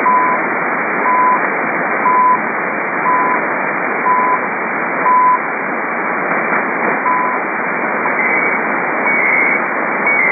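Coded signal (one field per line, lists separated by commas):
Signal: radio time signal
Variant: CHU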